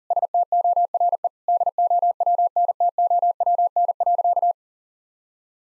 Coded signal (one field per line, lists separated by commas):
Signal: Morse code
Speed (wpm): 40 wpm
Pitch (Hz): 700 Hz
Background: none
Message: STORE DOWNTOWN.